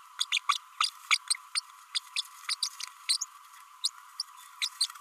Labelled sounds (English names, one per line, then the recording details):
Green-rumped Parrotlet babbling
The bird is a male
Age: 33 days
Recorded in a nest box in Venezuela
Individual 17B32A6